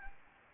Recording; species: mosquito wingbeat signal from an infrared sensor; Anopheles gambiae